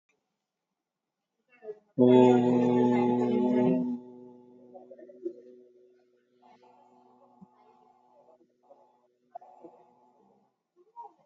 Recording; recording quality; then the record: sustained vowel as in boot; moderate, slight background noise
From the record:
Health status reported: COVID-19 positive, no symptoms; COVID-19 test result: positive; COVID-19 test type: RT-PCR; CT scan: not taken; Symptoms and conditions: fatigue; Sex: male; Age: 36 years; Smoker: no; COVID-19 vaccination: one dose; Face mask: worn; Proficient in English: yes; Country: India